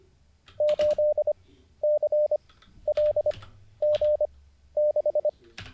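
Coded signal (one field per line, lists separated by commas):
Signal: Morse code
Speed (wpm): 25 wpm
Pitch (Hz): 600 Hz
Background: none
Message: 8CLG6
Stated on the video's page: Livestreamed Morse code learning session, day 49.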